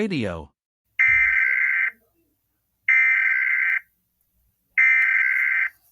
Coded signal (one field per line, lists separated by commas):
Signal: Emergency Alert System (SAME) tones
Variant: header bursts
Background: speech